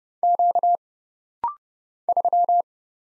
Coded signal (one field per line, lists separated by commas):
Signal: Morse code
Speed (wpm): 30 wpm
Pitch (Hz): 700 Hz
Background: none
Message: Q 3